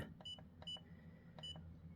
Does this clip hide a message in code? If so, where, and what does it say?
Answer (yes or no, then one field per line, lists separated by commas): no